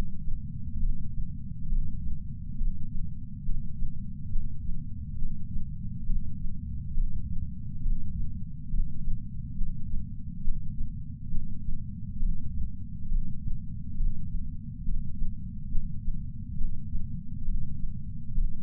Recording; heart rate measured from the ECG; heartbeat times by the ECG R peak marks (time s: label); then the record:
heart sounds by patch sensor on the chest; 68 bpm
0.80 s: heartbeat
1.69 s: heartbeat
2.58 s: heartbeat
3.46 s: heartbeat
4.32 s: heartbeat
5.19 s: heartbeat
6.06 s: heartbeat
6.94 s: heartbeat
7.83 s: heartbeat
8.71 s: heartbeat
9.58 s: heartbeat
10.44 s: heartbeat
11.31 s: heartbeat
12.20 s: heartbeat
13.09 s: heartbeat
13.98 s: heartbeat
14.85 s: heartbeat
15.71 s: heartbeat
16.58 s: heartbeat
17.45 s: heartbeat
18.35 s: heartbeat
From the record:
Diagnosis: coronary artery disease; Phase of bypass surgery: preoperative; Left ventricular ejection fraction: 50.2%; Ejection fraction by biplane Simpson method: 54%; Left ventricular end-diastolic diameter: 54 mm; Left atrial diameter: 42 mm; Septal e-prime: 4.1 cm/s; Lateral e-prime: 7.1 cm/s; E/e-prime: 7.2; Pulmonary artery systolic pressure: 19 mmHg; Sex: male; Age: 60 years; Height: 170 cm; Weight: 103 kg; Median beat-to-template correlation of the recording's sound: 0.82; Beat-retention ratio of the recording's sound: 0.99